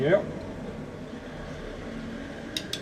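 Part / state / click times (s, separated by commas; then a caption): snap ring into the groove on the front axle shaft end / seated / 2.6 s, 2.7 s. Someone talks briefly as a metal snap ring is pushed onto the end of a Mitsubishi Pajero front axle shaft during the front wheel bearing freeplay adjustment. Two sharp metallic snaps ring out at 2.6 s and 2.7 s over a quiet background. The ring has seated in the groove on the axle and is now perfect.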